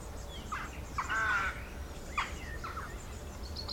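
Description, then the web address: Bird calls: several harsh, hoarse caws, one longer and drawn out, spaced unevenly, with faint high chirps in the background. Countryside birds. "Tom Hutchings Birds Country"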